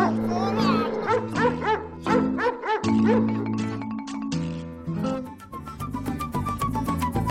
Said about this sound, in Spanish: ¡No, vale! ¡No, perro malo! ¡Suéltame, suéltame! ¡No, no, suéltame, suéltame!